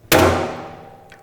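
The ratchet lever on a drum-handling band's clamping strap is pulled all the way round until it clicks at 0.1 s, giving a loud metallic thump with a long ringing decay. The click releases the strap tension so the strap goes loose. A faint small tap follows near 1.1 s.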